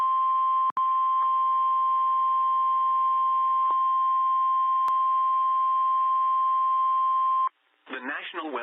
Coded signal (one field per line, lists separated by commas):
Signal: Emergency Alert System (SAME) tones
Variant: 1050 Hz attention tone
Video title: Severe Thunderstorm Warning South Dakota Noaa Weather Radio Station WXM 25 SD Aberdeen 6/3/26